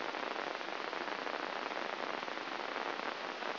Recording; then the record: brain microelectrode recording played as sound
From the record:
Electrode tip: inside the subthalamic nucleus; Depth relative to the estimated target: 2 mm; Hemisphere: right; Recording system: AlphaMap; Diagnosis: Parkinson's disease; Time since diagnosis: 12 years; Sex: male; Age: 57 years